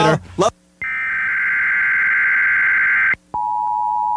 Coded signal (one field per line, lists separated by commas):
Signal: Emergency Alert System (SAME) tones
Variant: header bursts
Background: speech